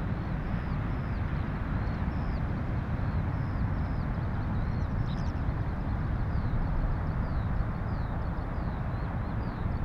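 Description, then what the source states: Eurasian skylark song, a string of thin, high chirping and slurred notes running throughout over a constant deep roar of surf. More than one skylark, north of Bude, Cornwall, with distant thundering surf.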